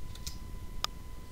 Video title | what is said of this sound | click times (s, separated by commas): Water Heater Venting 101 | heard the small click. | 0.8 s